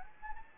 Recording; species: mosquito wingbeat signal from an infrared sensor; Anopheles gambiae